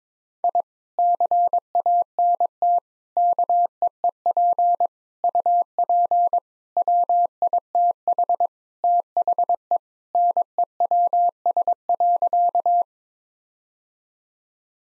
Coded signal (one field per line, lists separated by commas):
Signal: Morse code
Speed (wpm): 22 wpm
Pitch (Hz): 700 Hz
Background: none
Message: I CANT KEEP UP WITH THE NEWS.